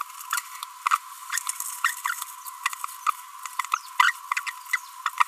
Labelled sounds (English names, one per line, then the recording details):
Green-rumped Parrotlet babbling
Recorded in a nest box in Venezuela
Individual 18B25A3